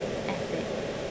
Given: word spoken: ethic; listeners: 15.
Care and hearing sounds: one English word in noise, from a listening test; speech-shaped noise; -6.0 dB; 5 of 15; 8 of 15; 0.71 s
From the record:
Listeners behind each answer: 8, 5, 1, 1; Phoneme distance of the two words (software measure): 10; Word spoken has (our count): 2 syllables, 4 phonemes, stress on syllable 1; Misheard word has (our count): 2 syllables, 4 phonemes, stress on syllable 1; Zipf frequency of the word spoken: 3.30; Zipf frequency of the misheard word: 4.10

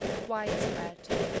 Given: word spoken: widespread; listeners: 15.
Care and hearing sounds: one English word in noise, from a listening test; noise modulated by three-talker babble; -4.5 dB; 2 of 15; 8 of 15; 1.01 s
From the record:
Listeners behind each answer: 8, 2, 2, 1, 1, 1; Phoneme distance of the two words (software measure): 45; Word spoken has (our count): 2 syllables, 8 phonemes, stress on syllable 1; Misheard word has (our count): 1 syllable, 3 phonemes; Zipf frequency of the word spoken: 4.00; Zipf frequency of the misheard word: 5.25

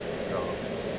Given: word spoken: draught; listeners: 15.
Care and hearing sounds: one English word in noise, from a listening test; speech-shaped noise; -4.1 dB; 0 of 15; 8 of 15; 0.59 s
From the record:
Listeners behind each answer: 8, 1, 1, 1, 1, 1, 1, 1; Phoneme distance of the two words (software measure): 24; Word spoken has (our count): 1 syllable, 5 phonemes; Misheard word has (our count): 1 syllable, 3 phonemes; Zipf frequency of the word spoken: 3.04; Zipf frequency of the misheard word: 4.94

